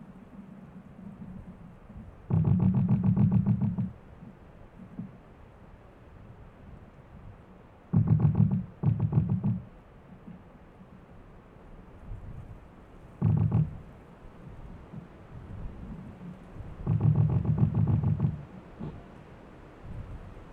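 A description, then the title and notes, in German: A squeaking tree groans in four low, rattling creaks, near seconds 2, 8, 13 and 17, over a steady dull rushing background. Ein Ohr an einem quietschenden Baum.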